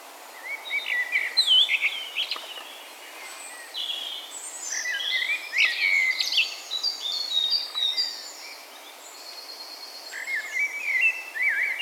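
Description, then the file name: Common blackbird: short warbling phrases with sharp high squeaky flourishes, repeated several times over a continuous hissing background. "Turdus merula"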